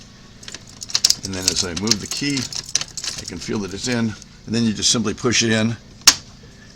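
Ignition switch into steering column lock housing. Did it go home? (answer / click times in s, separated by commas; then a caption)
yes / 6.1 s. A new ignition switch for a Ford Focus is lined up with the key and pushed into the lock housing on the steering column while someone talks. Light clicks and rattles are heard around 0.5–1.1 s. A single sharp, loud snap at 6.1 s marks the switch's top and bottom snaps seating into place.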